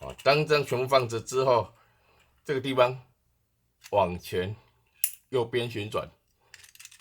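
Someone talks while handling a speed loader or cylinder part on an LFJ WG 708 2.5-inch CO2 airsoft revolver after loading cartridges with the speed loader, turning the part forward and to the right. Only faint, short metallic ticks are heard near the end of the clip. Nothing has seated or clicked into place yet.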